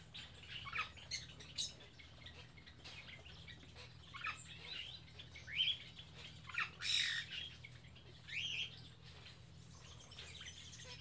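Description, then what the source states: Birds squawking, scattered harsh raspy calls coming irregularly and often overlapping, some louder bursts near the middle, over a steady low hum. Captive birds kept in an aviary on Spetses.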